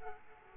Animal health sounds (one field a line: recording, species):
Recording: mosquito wingbeat signal from an infrared sensor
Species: Aedes aegypti